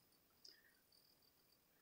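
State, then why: Seated. A loose plastic hand is pushed back onto an action figure's wrist peg and pops on with no effort. One faint, short click is heard at 0.5 s against a quiet background hiss, and the hand is seated back on the wrist.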